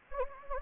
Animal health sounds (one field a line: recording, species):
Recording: mosquito wingbeat signal from an infrared sensor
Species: Anopheles gambiae